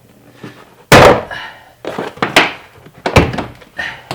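A door trim panel is pulled off the door of a 2011–2014 Toyota Sienna during door lock actuator replacement, and the remaining plastic retaining clips pop out of the door. Sharp pops are heard at about 0.9, 2.2, 2.4, 3.1 and 3.2 seconds, with the first one the loudest. The clips release and the panel comes free, and someone talks.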